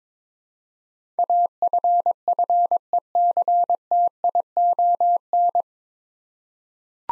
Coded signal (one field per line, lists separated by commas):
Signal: Morse code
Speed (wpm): 22 wpm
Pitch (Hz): 700 Hz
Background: none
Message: AFFECTION